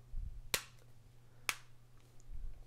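The last edge clips of a Galaxy Nexus smartphone's plastic back cover are pressed home into the phone body with effort. Two sharp, bright snaps ring out at 0.5 s and 1.5 s over a low handling rumble. The back cover ends up fully seated.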